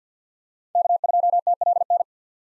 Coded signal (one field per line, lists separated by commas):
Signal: Morse code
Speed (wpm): 50 wpm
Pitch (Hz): 700 Hz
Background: none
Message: K2TLN